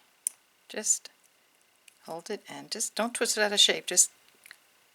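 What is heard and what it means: A metal jump ring is being handled and closed through the hole of a box clasp while someone talks, with a sharp tick near the start and a few faint small taps toward the end. The clip ends before the ring clips shut, so nothing has seated or clicked yet.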